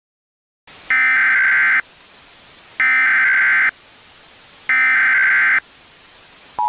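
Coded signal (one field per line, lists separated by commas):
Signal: Emergency Alert System (SAME) tones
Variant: header bursts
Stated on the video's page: Fictional weather disaster scenario with valid EAS tones.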